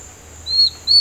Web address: sound Yellow-browed-antbird. دانلود-صدای-پرنده-مورچه-مرغ-ابرو-زرد